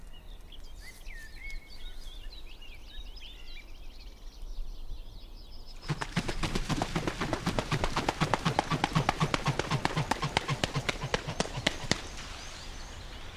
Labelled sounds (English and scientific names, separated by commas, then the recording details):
European Green Woodpecker (Picus viridis)
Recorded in the wild
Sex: male
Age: adult
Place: Hobrechtsfelder Rieselfelder, Naturpark Barnim, Berlin, DE
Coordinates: 52.6669, 13.4661
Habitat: forest
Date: 2008-04-27
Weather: wolkenlos, windstill, ca. 10°C
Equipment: Sound Devices 702, Sennheiser MKH 70, Windkorb
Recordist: Frommolt, Karl-Heinz